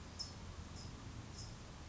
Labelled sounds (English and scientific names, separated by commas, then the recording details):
California Towhee (Melozone crissalis)
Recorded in Sonoma County, California